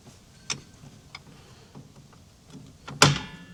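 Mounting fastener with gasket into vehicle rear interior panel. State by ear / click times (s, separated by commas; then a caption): seated / 3.0 s. While a rear cargo rack accessory is being mounted, a bolt-and-gasket mounting fastener is worked into a hole in the vehicle's rear interior panel, with faint scraping and a small knock around 0.5 s. A sharp, loud click at 3.0 s marks the fastener seating into the panel, confirmed as seated.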